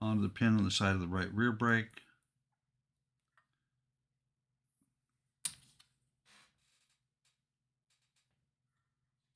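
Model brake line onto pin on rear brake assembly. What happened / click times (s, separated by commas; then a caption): A plastic line snapped onto its pin / 5.5 s. Someone talks as one end of a 150 mm plastic brake line is pushed onto the pin on the side of the right rear brake of a 1:8 scale Fanhome Batmobile model (stage 39). A sharp click sounds at 5.5 s, followed by faint small taps. The brake line is seated on the pin.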